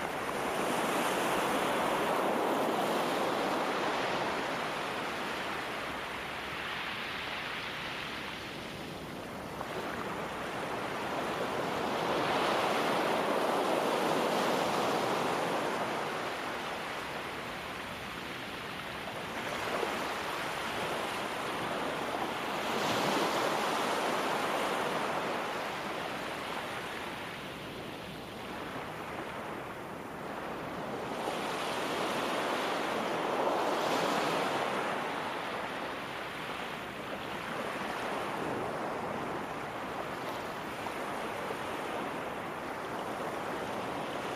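Ocean waves wash in and recede in slow, overlapping swells every few seconds, a continuous hiss of surf with faint wind underneath.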